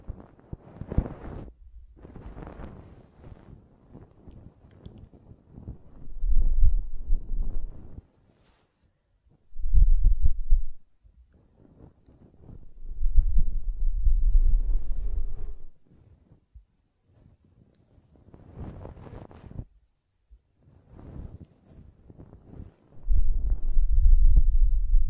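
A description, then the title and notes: Muffled rubbing and blowing against a microphone, heavy in the low end, come in bursts of a few seconds around 6, 10, 13–15 and 23–25 seconds. Between them are softer scratchy rustles and short pauses of near silence. ASMR Ear Cleaning and Blowing (No Talking).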